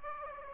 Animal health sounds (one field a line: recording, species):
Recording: mosquito wingbeat signal from an infrared sensor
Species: Aedes aegypti